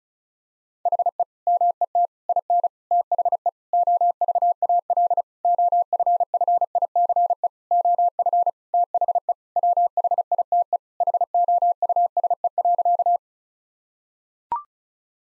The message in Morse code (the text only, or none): HE MET IN THE OVAL OFFICE OF THE WHITE HOUSE.